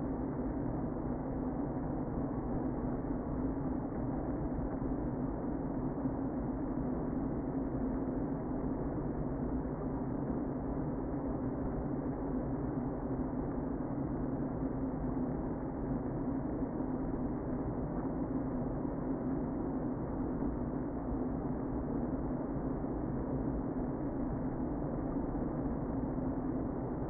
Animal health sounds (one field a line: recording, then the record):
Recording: honeybee colony, microphone inside the hive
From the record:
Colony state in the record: queen present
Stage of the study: before two queens were removed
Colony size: about 60,000 bees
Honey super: yes